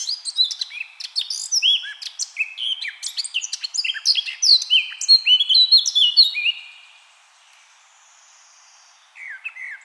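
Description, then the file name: Eurasian blackcap song: a fast, busy warble of varied high chirps and whistles for about six and a half seconds, a silence of over two seconds, then another brief phrase begins. "Sylvia atricapilla"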